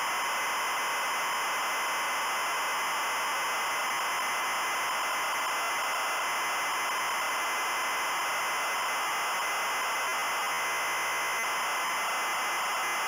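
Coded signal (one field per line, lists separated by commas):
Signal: ZX Spectrum tape loading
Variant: Adventurer custom loader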